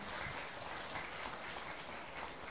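An audience claps steadily to welcome Phan Thị Bích Hằng, a dense, continuous patter of many hands with no voices breaking through, holding an even level throughout.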